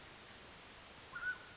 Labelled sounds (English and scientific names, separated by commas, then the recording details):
Mountain Quail (Oreortyx pictus)
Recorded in Sonoma County, California